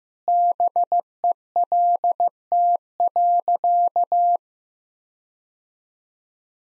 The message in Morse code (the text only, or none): BELT.